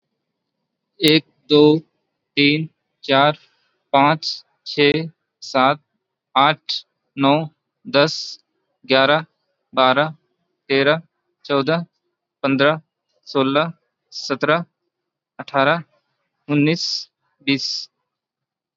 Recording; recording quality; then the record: counting at a normal pace; excellent, no background noise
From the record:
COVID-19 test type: RT-PCR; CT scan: not taken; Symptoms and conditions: none ticked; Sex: male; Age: 29 years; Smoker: no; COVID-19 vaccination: both doses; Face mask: worn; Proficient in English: yes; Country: India